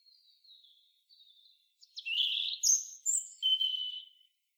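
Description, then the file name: European robin song: thin, drawn-out high notes at first, then a louder, rapid tumble of sharp, bright, varied notes. "Erithacus rubecula"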